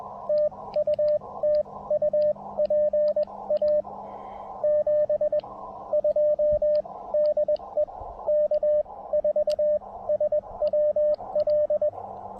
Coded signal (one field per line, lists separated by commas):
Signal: Morse code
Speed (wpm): 20 wpm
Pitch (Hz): 590 Hz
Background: radio noise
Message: TU TU PA 72 DE K4SWL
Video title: Testing a 20M Vertical Delta Loop Antenna While Activating Holmes Educational State Forest!